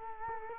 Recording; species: mosquito wingbeat signal from an infrared sensor; Culex quinquefasciatus